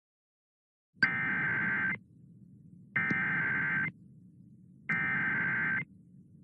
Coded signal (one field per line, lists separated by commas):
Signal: Emergency Alert System (SAME) tones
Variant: header bursts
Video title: EAS Scenario - Possessed III